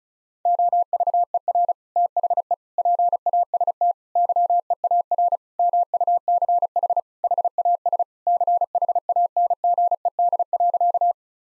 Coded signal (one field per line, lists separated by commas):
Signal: Morse code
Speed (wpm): 36 wpm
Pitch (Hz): 700 Hz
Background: none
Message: OVER THE PAST YEAR MUCH HAS CHANGED.